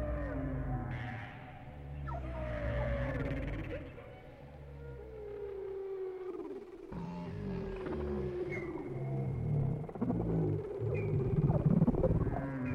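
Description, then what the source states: Whale song: layered low moans and groans with gliding tonal sweeps, some rising to high squeals, overlapping calls throughout. Whale sounds without music.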